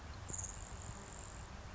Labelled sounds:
Grasshopper Sparrow
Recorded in Sonoma County, California

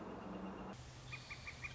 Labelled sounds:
Northern Flicker
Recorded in Sonoma County, California

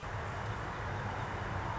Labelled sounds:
Northern Flicker
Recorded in Sonoma County, California

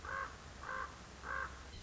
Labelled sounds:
Common Raven
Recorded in Sonoma County, California

